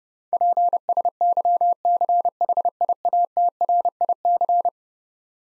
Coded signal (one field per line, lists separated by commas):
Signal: Morse code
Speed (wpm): 30 wpm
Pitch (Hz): 700 Hz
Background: none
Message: PSYCHIATRIC